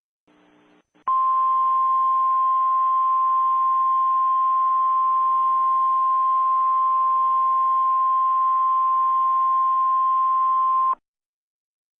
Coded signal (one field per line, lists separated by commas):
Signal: Emergency Alert System (SAME) tones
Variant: 1050 Hz attention tone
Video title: EAS Mock - A Christmas Gift from Mother Nature